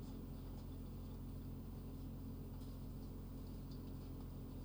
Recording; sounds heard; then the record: poultry house recording; healthy chickens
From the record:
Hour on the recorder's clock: 22